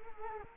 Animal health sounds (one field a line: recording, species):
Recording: mosquito wingbeat signal from an infrared sensor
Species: Culex quinquefasciatus